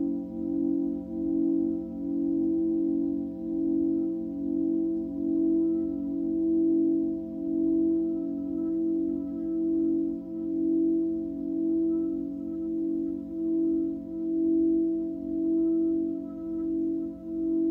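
A Tibetan singing bowl hums continuously, its low tone swelling and fading in a slow, regular wobble about every second. Fainter, higher ringing lines sit steadily above the main note, with a soft rumble underneath and no other sounds.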